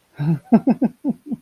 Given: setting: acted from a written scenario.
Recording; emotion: vocal sound without words; amusement